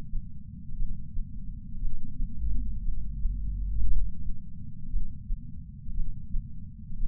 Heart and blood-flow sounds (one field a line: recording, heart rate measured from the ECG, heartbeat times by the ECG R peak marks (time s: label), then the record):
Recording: heart sounds by patch sensor on the chest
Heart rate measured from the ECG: 58 bpm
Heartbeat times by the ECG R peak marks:
0.78 s: heartbeat
1.81 s: heartbeat
2.84 s: heartbeat
3.87 s: heartbeat
4.91 s: heartbeat
5.95 s: heartbeat
6.99 s: heartbeat
From the record:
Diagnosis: coronary artery disease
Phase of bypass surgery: intraoperative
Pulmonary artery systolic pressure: 38 mmHg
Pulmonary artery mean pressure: 23 mmHg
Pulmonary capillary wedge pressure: 11 mmHg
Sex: male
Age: 74 years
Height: 175 cm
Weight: 66 kg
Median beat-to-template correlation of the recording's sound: 0.93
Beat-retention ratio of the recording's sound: 0.98